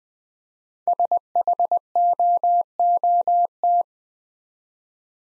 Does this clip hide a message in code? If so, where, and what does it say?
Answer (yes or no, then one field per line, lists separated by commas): yes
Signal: Morse code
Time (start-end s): 0.9-3.8 s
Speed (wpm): 20 wpm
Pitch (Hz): 700 Hz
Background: none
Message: SHOOT